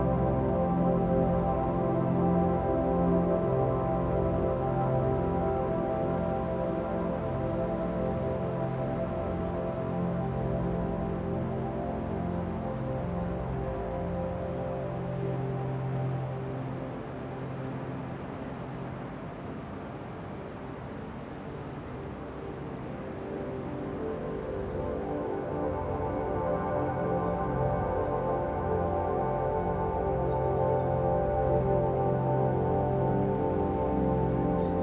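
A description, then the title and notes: Wind chimes ring in a gentle breeze, their many tones overlapping into a dense, continuous shimmer of sustained pitches from low to bright. The ringing stays steady throughout, easing slightly in loudness around the middle before swelling back near the end. A Calming Ambience of Gentle Wind Chimes for Relaxation, Sleep and Focus. Immerse yourself in the serene atmosphere of a gentle breeze blowing through chimes, transporting you to a peaceful garden.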